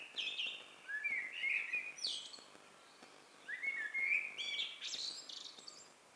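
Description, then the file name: Eurasian blackbird delivers two rich, fluting phrases separated by a short pause, each closing with thin, high-pitched twittering notes. "Turdus merula"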